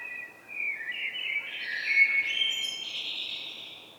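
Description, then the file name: Common blackbird singing one long phrase, a mellow fluted warble that rises into a thin, scratchy high twitter and fades out. "Turdus merula"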